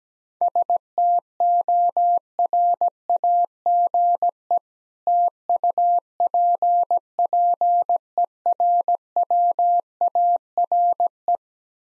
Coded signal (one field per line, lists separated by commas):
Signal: Morse code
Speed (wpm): 18 wpm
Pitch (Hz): 700 Hz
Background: none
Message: STORAGE TUPPERWARE